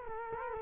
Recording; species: mosquito wingbeat signal from an infrared sensor; Culex quinquefasciatus